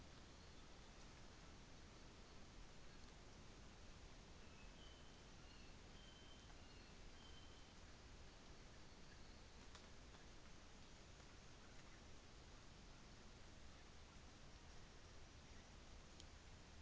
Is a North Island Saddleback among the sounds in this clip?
no